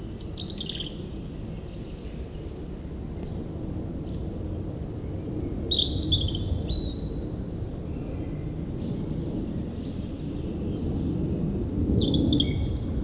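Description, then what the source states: European robin song, scattered high thin warbled phrases with pauses, over a low rumbling background that swells near the end. Singing in the huge Meerdaalbos forest at Oud-Heverlee, Belgium, with planes taking off.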